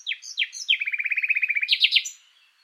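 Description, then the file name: Common nightingale song: three downslurred whistles lead into a rapid run of many even notes, ending with a few higher notes. "Luscinia megarhynchos"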